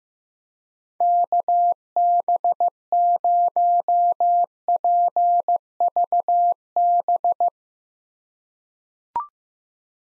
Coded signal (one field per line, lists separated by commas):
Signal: Morse code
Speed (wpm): 15 wpm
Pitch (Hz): 700 Hz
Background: none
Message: KB0PVB